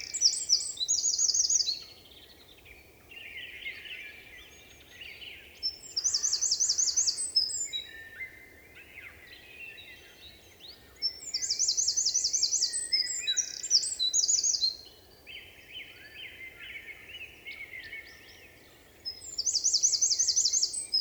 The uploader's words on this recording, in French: 27 mars 2020 - Val Maravel - Nagra seven - stéréo - mkh8040. Un Troglodyte mignon (Troglodytes troglodytes) affirme par son chant vigoureux sa présence à tout concurrent potentiel. Chanteur de la forêt son chant nerveux est toujours impressionnant de puissance.